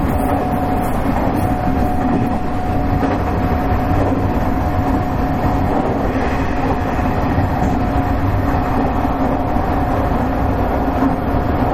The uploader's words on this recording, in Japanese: 西日本鉄道 3000系の走行音です。福岡行き特急にて録音。区間は久留米から福岡までです。